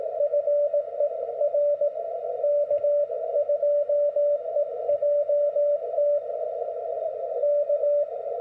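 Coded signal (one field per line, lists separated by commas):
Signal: Morse code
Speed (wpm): 18 wpm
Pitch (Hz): 580 Hz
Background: none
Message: FER K2EJT K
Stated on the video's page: Standard CW QSO following a club QSO protocol, as a guide for new CW operators.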